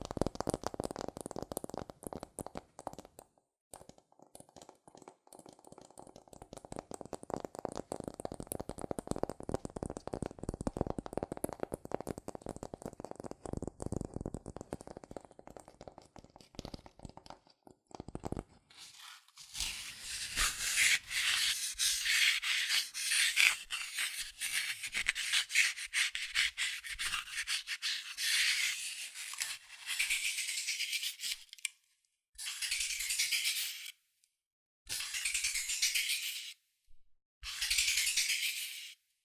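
Fast tapping and scratching on cardboard, low dense rubbing for the first eighteen seconds, then brighter hissing scratches in short bursts with pauses.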